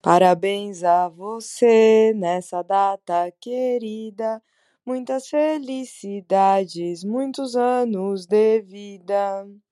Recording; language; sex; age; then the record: short text; Brazilian Portuguese; female; 30 to 39 years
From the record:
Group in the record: control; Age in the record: 33 years